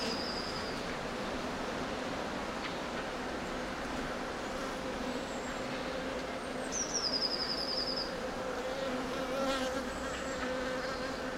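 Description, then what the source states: Continuous bee buzz, a constant droning hum throughout, with a short high bird trill near the start and another longer trill around seven seconds. Bees in a city park.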